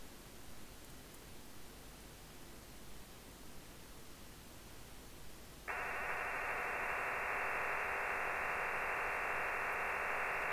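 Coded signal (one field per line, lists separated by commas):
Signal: digital SSTV (DRM)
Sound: radio static, then a steady wide even hiss starting abruptly and continuing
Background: radio static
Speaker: Oke kita coba untuk kirim lagi hai oke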